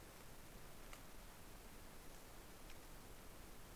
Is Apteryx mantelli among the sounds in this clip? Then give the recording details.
no. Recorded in New Zealand on 13 December 2015. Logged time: 21:44. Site CL72